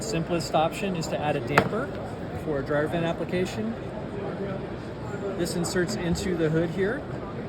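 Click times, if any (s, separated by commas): none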